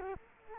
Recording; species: mosquito wingbeat signal from an infrared sensor; Culex quinquefasciatus